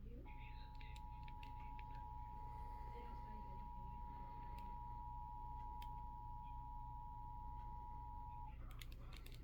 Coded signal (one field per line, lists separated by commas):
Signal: Emergency Alert System (SAME) tones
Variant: 853 and 960 Hz attention tone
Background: speech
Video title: eas svr Eas#97